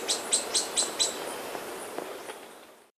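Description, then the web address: Flavescent flycatcher calling a short run of five crisp, high chips, evenly spaced. Fainter notes follow before the sound fades out. Ecuador. "Birds of Ecuador Flavescent Flycatcher"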